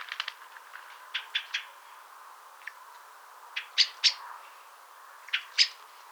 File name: Turdus merula